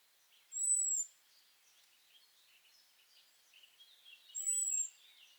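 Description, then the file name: European robin calling with thin, high, slightly arched whistles, two notes about four seconds apart, over faint twittering. "Erithacus rubecula"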